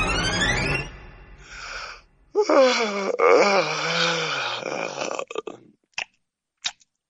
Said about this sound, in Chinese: 坐在审讯桌前的吴维涵打了一个大大的哈欠，一副百无聊赖的模样，看上去他并没有把对面审讯的警察放在眼里。